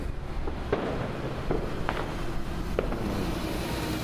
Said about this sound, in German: Ah, das ist ein anderer Bus hier. Weil der eine, der steht da noch. Aber es ist ein Bus.